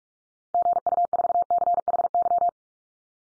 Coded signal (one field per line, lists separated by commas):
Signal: Morse code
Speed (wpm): 44 wpm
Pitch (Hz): 700 Hz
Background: none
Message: GU4CHY